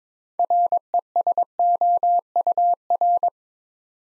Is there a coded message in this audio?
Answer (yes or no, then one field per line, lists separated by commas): yes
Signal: Morse code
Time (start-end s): 0.4-3.3 s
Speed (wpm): 22 wpm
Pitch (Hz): 700 Hz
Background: none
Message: RESOUR